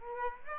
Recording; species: mosquito wingbeat signal from an infrared sensor; Aedes aegypti